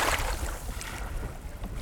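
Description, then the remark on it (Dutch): Gentle water of the Waal river laps and sloshes steadily by caravans at the river's edge, a soft continuous wash with low, irregular splashy pulses and a faint breezy hiss, with no voices. “Caravans aan de rand van de Waal, waarin je alleen het geluid van het kabbelende water hoort.”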